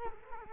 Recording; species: mosquito wingbeat signal from an infrared sensor; Culex quinquefasciatus